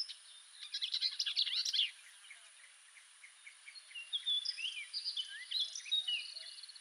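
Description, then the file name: Orchard oriole song, a quick tumble of chattery and whistled notes, then a softer run of slurred whistles after a pause. "Orchard Oriole - Icterus spurius"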